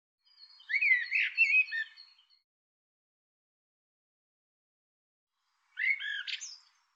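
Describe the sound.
Bird calling twice with warbled, slurred phrases, a longer one first and a short curled burst after a silence of several seconds.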